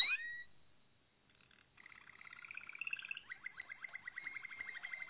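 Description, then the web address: Canary song starting with a sharp slurred note, a brief pause, then soft rolling trills that grow steadily into a fast even rattle. "~joaopt canarios racas canto malinois"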